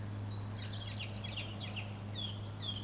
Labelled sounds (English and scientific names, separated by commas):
Eurasian Woodcock (Scolopax rusticola) whistle